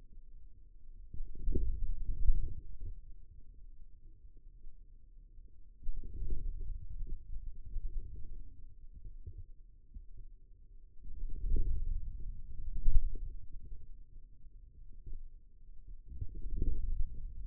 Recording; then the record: forearm muscle sounds (acoustic myography)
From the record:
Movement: inward rotation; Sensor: system 2, bracelet of six BSWA MPA416 microphones around the upper forearm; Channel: 3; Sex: male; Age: 22 years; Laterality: right